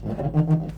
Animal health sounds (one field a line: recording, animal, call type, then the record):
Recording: contact call of a hoofed animal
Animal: goat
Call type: low-frequency (closed-mouth) or high-frequency (open-mouth) call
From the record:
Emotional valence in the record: positive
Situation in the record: food anticipation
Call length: 0.79 s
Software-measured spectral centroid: 990 Hz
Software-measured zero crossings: 540 a second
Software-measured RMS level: -23 dBFS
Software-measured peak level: -12 dBFS